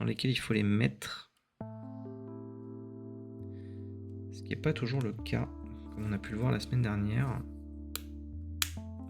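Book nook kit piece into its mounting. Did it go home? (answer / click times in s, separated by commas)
yes / 8.6 s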